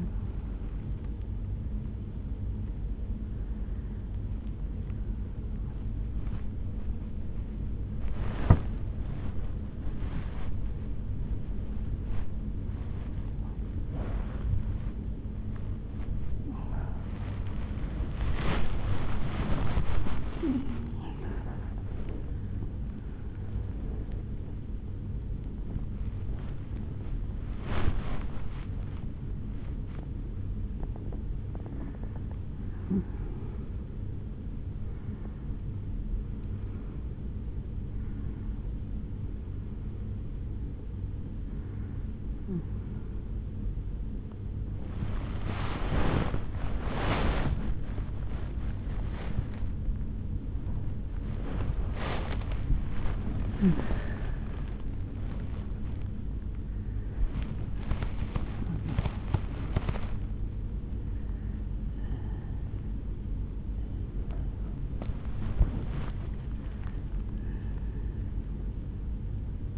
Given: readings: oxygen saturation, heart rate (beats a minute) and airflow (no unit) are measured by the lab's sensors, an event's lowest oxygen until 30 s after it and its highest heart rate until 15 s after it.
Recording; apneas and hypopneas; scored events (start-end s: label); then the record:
a person awake in a sleep study, by a smartphone at the bedside; none
0.00-69.78 s: awake
From the record:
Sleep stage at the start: awake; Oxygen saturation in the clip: 92 to 97%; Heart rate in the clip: 63 to 83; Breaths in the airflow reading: 15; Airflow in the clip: -7.9 to 6.3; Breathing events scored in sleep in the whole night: 449 in 7.0 hours asleep